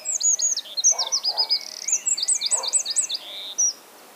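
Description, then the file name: Eurasian wren giving a loud, fast burst of high, tinkling notes and buzzy trills, varied phrases tumbling together for about three and a half seconds, then a final short note. "Troglodytes troglodytes"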